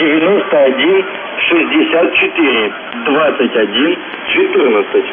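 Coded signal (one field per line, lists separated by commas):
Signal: numbers station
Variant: UVB-76, Russian voice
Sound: a voice over radio reads out numbers in Russian, continuous speech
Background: radio static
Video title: The Buzzer/UVB-76(4625Khz) January 19th, 2022 Voice messages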